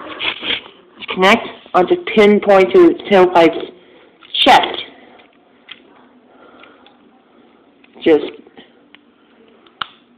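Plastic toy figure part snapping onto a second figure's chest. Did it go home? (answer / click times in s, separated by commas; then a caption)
yes / 9.8 s. Someone talks while joining one transforming plastic Transformers Dark of the Moon toy figure, Pinpointer, onto the chest of the other, Tailpipe, with faint plastic handling taps in between. A sharp, loud snap at 9.8 s marks the part seating onto the chest.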